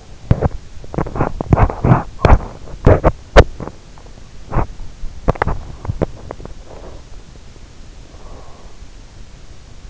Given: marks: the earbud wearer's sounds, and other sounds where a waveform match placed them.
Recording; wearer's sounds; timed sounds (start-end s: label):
sounds in sleep by an in-ear microphone; teeth grinding, breath
0.00-7.68 s: teeth grinding
7.68-9.04 s: breath